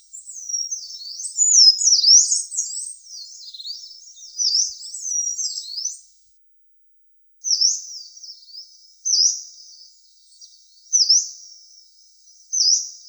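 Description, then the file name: Yellow-browed warbler song: a long run of thin, very high sliding whistles, then after a pause several shorter swooping notes. "Penochka zarnichka"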